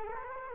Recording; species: mosquito wingbeat signal from an infrared sensor; Culex quinquefasciatus